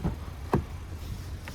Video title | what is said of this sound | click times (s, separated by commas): 2025 Chevy Equinox LT POV Test Drive & Review | fold that seat flat if you ever need to do that for additional storage and then it snaps back into place pretty easily | 0.5 s